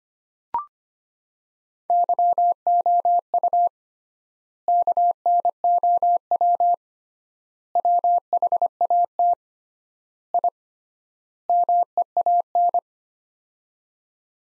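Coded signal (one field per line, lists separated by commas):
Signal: Morse code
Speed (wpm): 25 wpm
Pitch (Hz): 700 Hz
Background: none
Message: YOU KNOW WHAT I MEAN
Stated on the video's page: Morse practice at 25 wpm, sets of five words with 3x word spacing, a Farnsworth-like method.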